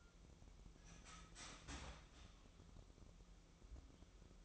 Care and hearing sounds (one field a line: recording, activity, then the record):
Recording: daily activity, microphone in the room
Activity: start toaster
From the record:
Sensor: 1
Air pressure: 988.6 hPa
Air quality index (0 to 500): 197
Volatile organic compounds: 952 ppm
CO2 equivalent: 5245 ppm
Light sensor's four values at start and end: 25/94/35/37 and 25/94/35/37